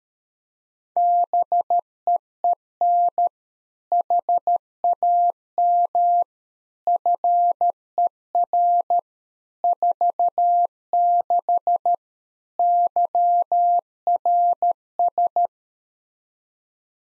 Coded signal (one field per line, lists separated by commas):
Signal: Morse code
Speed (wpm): 13 wpm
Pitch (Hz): 700 Hz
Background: none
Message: BEEN HAM FER 46 YRS